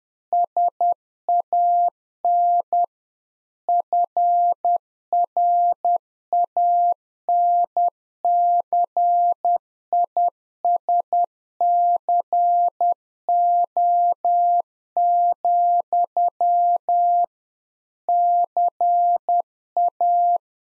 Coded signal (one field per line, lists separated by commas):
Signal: Morse code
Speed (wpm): 10 wpm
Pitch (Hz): 700 Hz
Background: none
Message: SAN FRANCISCO, CA